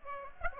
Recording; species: mosquito wingbeat signal from an infrared sensor; Aedes aegypti